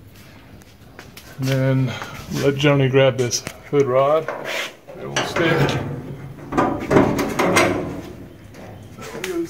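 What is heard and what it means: Someone talks over music while a gas hood strut's end socket is pushed onto its mounting ball stud on the hood hinge bracket of a 1966 Ford Bronco. A short, sharp snap at 9.2 s marks the strut seating onto the ball stud.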